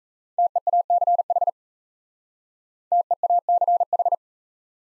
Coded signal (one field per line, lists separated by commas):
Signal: Morse code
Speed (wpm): 34 wpm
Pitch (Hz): 700 Hz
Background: none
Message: TEACH TEACH